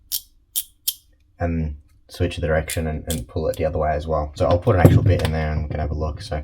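A hex screwdriver bit is handled at the bit holder of a Wera mini ratchet, with three short, sharp ticks near 0.1, 0.6 and 0.9 s. Someone then talks for the rest of the clip. The bit has not yet been pushed home, and nothing has seated or clicked yet.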